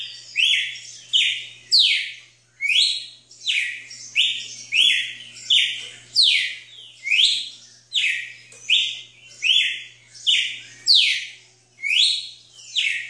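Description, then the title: Red-cowled cardinal song: loud, rich whistled notes sweeping down and up, delivered in a steady run of roughly one phrase per second, with a faint low hum beneath. "Galo de Campina"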